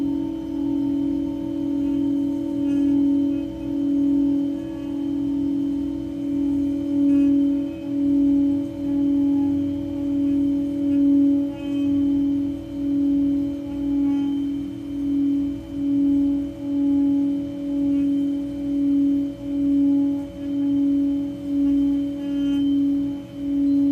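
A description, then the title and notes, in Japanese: A Tibetan singing bowl rings with a steady low tone that pulses in slow, regular waves, faint higher overtones sustained throughout. メキシコから シンギングボウルのサウンドヒーリング。新月の真夜中のメキシコより。チベタンシンギングボウル。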